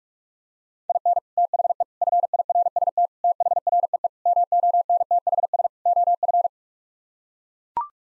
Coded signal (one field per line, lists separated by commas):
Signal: Morse code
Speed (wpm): 41 wpm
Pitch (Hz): 700 Hz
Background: none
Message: IN THE FIRST THREE MONTHS OF